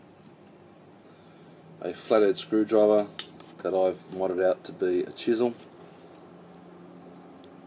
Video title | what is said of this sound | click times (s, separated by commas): Leatherman review, issue with the wave cutting wire | and it locks into place, which I like. | 7.4 s